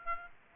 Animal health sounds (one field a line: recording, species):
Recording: mosquito wingbeat signal from an infrared sensor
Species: Aedes aegypti